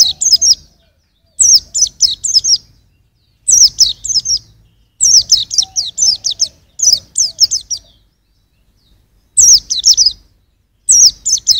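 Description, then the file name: White-eye song in repeated short bursts of high, quick descending chirps, phrases spaced about every one to two seconds, with a faint lower whistle at times. "suara burung pleci usro"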